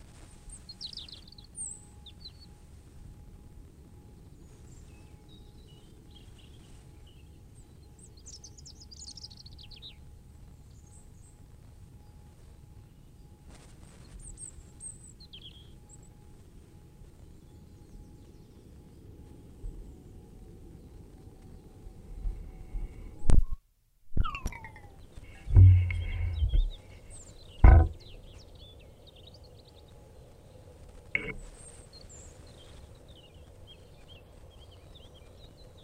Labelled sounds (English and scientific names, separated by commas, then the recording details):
European Robin (Erithacus rubecula)
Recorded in the wild
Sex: male
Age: adult
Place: Freiburg, Baden-Württemberg, DE
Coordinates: 48.0333, 7.82472
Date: 1960-03-26
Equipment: Maihak MMK 4, Sennheiser MD 82
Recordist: Thielcke, Gerhard